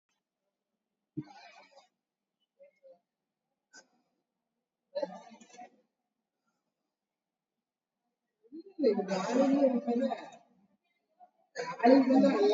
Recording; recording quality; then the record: deep breathing; poor, much background noise or distortion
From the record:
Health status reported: COVID-19 positive, mild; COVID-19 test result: positive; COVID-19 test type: RT-PCR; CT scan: taken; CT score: 3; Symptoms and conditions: cough, cold, fatigue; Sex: female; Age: 62 years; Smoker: no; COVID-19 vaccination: both doses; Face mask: worn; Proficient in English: yes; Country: India